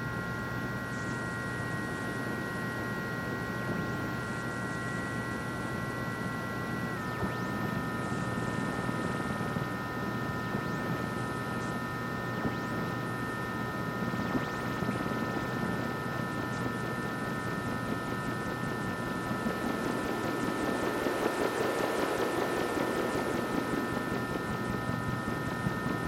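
Shortwave radio noise fills the clip with a dense, steady hiss and rumble, overlaid by several sustained whistling tones. Around seven seconds the tones drop slightly in pitch and hold there. Near twenty seconds a brighter surge of static swells and then eases.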